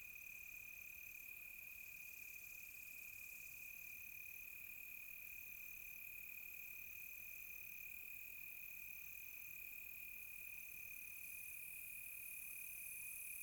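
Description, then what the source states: Cricket chorus: a steady high-pitched trill, with repeated higher tones coming in at intervals, forming a calm, continuous insect chorus. Close crickets on a quiet tropical night.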